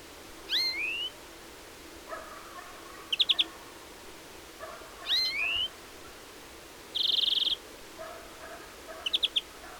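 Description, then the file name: European greenfinch calls: rising whistled upslurs, short high trills and a drawn-out buzz, with some fainter lower notes between them. "Chloris chloris"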